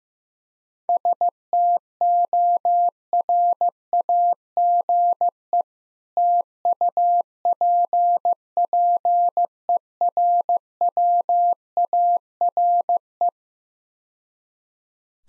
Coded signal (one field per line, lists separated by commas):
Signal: Morse code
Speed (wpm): 15 wpm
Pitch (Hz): 700 Hz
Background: none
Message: STORAGE TUPPERWARE